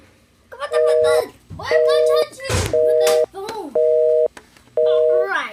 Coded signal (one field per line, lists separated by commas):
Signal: telephone call progress tone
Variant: North America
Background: speech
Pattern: busy tone